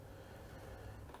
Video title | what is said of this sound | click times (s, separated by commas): MNCYN Video 1: Paediatric Oxygen Therapy | just push it down and you'll hear it lock | 1.1 s